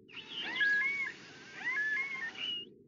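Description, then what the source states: Beluga whale whistles underwater, two bursts of high, wavering, squeaky tones that rise and fall, with a short gap between them. Underwater, in the Canadian Arctic; one of the sounds the animals themselves make.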